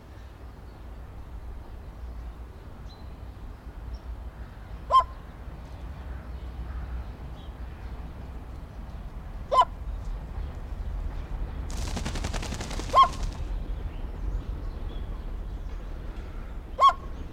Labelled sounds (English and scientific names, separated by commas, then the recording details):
Red-legged Seriema (Cariama cristata) call
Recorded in captivity
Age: adult
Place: Zoo Berlin, Berlin, DE
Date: 1993-03-20 12:28
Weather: 5-8°C, böiger Wind
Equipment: Marantz CP 430, Sennheiser ME 80, Kopie Uher Variocord 263
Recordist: Tembrock, Günter